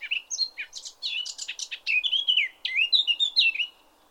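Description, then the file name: Eurasian blackcap song: a fast, chattering warble building into clearer, fluty whistled notes near the end, over faint low background noise. "Sylvia atricapilla"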